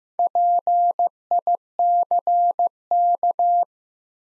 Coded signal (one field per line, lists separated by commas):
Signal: Morse code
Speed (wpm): 15 wpm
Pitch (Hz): 700 Hz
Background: none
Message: PICK